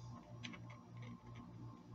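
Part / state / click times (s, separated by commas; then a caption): film back component into instant camera body / not seated / none. A part of a converted Instax Wide instant-film back is handled and positioned on an old Polaroid 600SE instant camera body, ready to slide in. Soft scrapes and light ticks sound over a steady low hum, with a brief sharp tap at 0.5 s. Nothing has seated or clicked into place yet.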